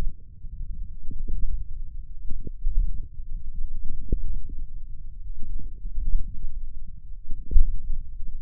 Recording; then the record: forearm muscle sounds (acoustic myography)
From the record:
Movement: hand opening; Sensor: system 1, eight BSWA MPA416 microphones around the upper forearm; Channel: 8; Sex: male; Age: 28 years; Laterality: right